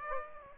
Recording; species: mosquito wingbeat signal from an infrared sensor; Aedes aegypti